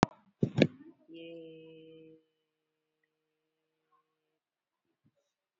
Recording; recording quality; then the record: sustained vowel as in made; excellent, no background noise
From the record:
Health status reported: COVID-19 positive, moderate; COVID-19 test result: positive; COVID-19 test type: RT-PCR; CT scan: not taken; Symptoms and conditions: cold, fever, muscle pain, diarrhoea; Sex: female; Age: 42 years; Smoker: no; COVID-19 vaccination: both doses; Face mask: worn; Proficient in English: yes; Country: India